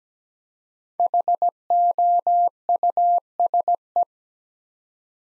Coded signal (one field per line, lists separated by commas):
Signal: Morse code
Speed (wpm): 17 wpm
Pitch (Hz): 700 Hz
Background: none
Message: HOUSE